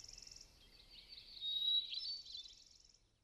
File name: hermit thrush